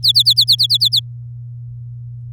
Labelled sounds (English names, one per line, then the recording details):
Domestic Canary song
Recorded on 9 May 2018 at 06:15
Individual llb16